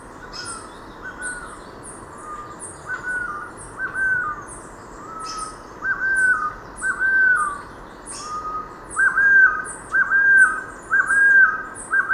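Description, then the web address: Golden-headed quetzal calls: mellow, arched whistled notes repeated roughly once a second, growing louder toward the end, with thin high chips above. Recorded in Ecuador. "Birds of Ecuador. Golden-headed Quetzal"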